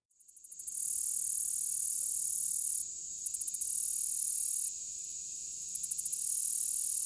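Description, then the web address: Black-legged Meadow Katydid song with continuous shrill buzzing, twice interrupted by short gaps filled with quick ticking pulses before the buzz returns. "The Songs of Insects Black-legged Meadow Katydid"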